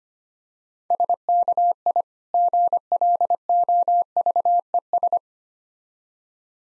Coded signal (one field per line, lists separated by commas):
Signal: Morse code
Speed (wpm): 26 wpm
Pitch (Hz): 700 Hz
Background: none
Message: SKI GLOVES